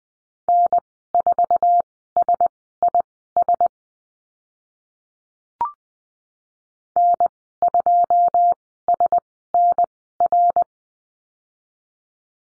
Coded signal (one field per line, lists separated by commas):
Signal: Morse code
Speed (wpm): 20 wpm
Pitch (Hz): 700 Hz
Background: none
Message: N4SIS N2SNR